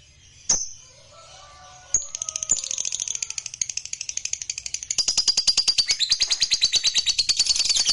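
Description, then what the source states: Lovebird song beginning with two sharp high chips and a few faint lower whistles, then building into a fast rhythmic high chatter that grows louder toward the end. Lovebird sound used to stimulate a lazy lovebird that is not singing to start singing spontaneously.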